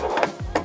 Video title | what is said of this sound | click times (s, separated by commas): How to Make a Profit with Embroidered Monogrammed Towels: A Step-by-Step Guide | you're going to hear a click just like that and if you see this little lever moved over | 0.6 s